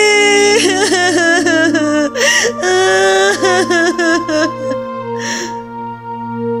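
A child cries loudly in long, wavering wails that rise and fall in pitch, broken by short sobbing catches and gasps, over a steady low background tone.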